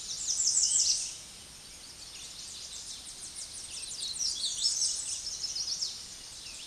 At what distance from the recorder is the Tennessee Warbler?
about 45 m